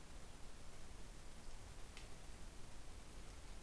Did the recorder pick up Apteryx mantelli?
no